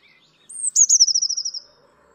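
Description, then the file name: Eurasian blue tit song: a thin, very high note sliding slightly down, then a quick even trill. "MODRASZKA"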